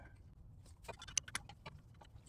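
A wrench slips on the heavily rusted steel bleeder screw of a drum-brake wheel cylinder on a 2009 Jeep Patriot, giving a sharp metallic slip sound at 1.2 s amid a few quieter ticks and scrapes. The slip rounds the screw, leaving it stripped from the rust.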